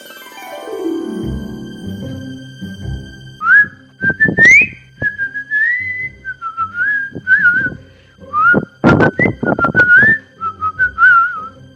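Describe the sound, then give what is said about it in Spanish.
Eerie, wavering whistling of a hungry, horrible creature that whistles without opening its mouth, gliding up and down in pitch in long and short phrases, over low rumbling and sharp thumps, after an opening low descending sweep. “Cuando tiene hambre la pilaraña, que es un bicho horrible, silba.”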